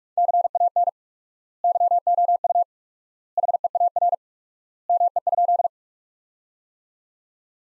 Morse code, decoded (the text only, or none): CAN YOU HEAR ME?